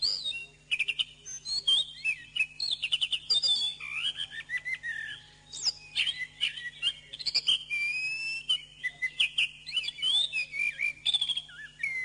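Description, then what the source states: Bird song mixing quick chirps, rising and falling whistles and trills, with a steady low hum throughout. Masteran birdsong training recording.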